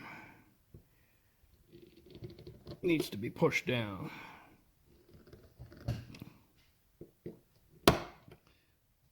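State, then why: Seated. Someone talks while pressing the small metal safety detent clip on a Remington 700 bolt-action rifle's Walker trigger/safety assembly down, as part of a trigger fix to eliminate a design flaw, with faint small clicks and handling noises along the way. A sharp, loud snap at 7.9 s marks the clip seating into place.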